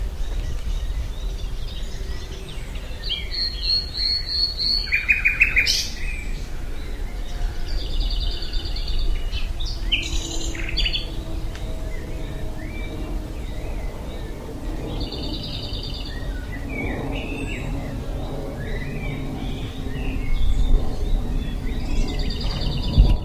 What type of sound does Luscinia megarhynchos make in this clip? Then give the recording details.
song. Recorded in the wild. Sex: male. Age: adult. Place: Lübars, Berlin, DE. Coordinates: 52.6172, 13.3619. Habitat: wood. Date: 2007-05-28 12:03. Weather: overcast, ca. 16°C. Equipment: Sony WM-D6C, Sennheiser ME 80. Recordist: Tembrock, Günter